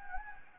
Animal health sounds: mosquito wingbeat signal from an infrared sensor; Anopheles arabiensis

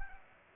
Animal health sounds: mosquito wingbeat signal from an infrared sensor; Culex pipiens

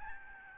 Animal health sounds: mosquito wingbeat signal from an infrared sensor; Aedes albopictus

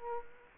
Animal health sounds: mosquito wingbeat signal from an infrared sensor; Culex quinquefasciatus

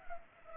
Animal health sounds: mosquito wingbeat signal from an infrared sensor; Culex pipiens

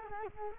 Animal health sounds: mosquito wingbeat signal from an infrared sensor; Culex quinquefasciatus

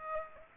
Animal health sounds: mosquito wingbeat signal from an infrared sensor; Aedes aegypti

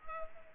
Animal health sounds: mosquito wingbeat signal from an infrared sensor; Culex pipiens

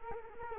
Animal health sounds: mosquito wingbeat signal from an infrared sensor; Culex quinquefasciatus

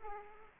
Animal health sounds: mosquito wingbeat signal from an infrared sensor; Aedes aegypti

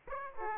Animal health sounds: mosquito wingbeat signal from an infrared sensor; Aedes aegypti

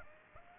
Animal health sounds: mosquito wingbeat signal from an infrared sensor; Aedes aegypti

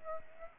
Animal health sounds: mosquito wingbeat signal from an infrared sensor; Aedes aegypti

